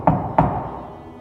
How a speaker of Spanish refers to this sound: Me impaciento y golpeo la puerta 3 veces.